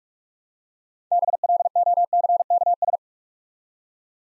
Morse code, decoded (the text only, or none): BLOCKS